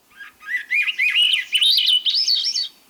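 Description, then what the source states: Swainson's thrush song: fluty, slightly reedy whistled phrases rising step by step into a high, swirling finish. Song that spirals upward in pitch.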